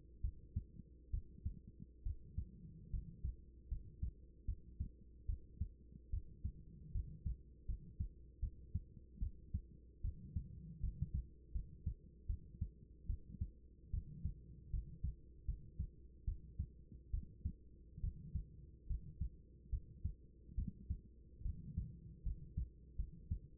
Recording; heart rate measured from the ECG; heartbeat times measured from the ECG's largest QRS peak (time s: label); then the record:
heart sounds by stethoscope; 74 bpm
0.21 s: heartbeat
1.10 s: heartbeat
2.03 s: heartbeat
2.90 s: heartbeat
3.68 s: heartbeat
4.45 s: heartbeat
5.26 s: heartbeat
6.10 s: heartbeat
6.92 s: heartbeat
7.66 s: heartbeat
8.40 s: heartbeat
9.19 s: heartbeat
10.01 s: heartbeat
10.80 s: heartbeat
11.52 s: heartbeat
12.26 s: heartbeat
13.06 s: heartbeat
13.90 s: heartbeat
14.70 s: heartbeat
15.45 s: heartbeat
16.24 s: heartbeat
17.10 s: heartbeat
18.00 s: heartbeat
18.87 s: heartbeat
19.69 s: heartbeat
20.55 s: heartbeat
21.42 s: heartbeat
22.23 s: heartbeat
22.96 s: heartbeat
From the record:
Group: healthy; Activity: cold pressor test 0-16 s, rest 16-24 s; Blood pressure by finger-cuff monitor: 105/63 mmHg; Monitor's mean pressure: 80 mmHg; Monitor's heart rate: 74 bpm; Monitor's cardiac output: 6.5 L/min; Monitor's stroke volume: 85 mL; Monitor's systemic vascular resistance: 920 dyn s/cm5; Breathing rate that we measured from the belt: 16 breaths a minute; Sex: female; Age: 24 years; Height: 163 cm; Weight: 55.7 kg